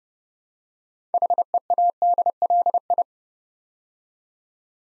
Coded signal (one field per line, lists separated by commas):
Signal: Morse code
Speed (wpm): 30 wpm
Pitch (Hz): 700 Hz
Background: none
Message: HEADLI